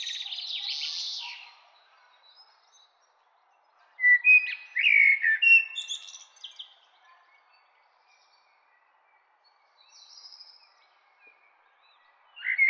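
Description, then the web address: Bird song in separate bursts: a bright high chirping phrase, then a longer run of varied whistled and twittering notes, a faint high note, and a fresh phrase at the end. "babatakan main bird ljud bird"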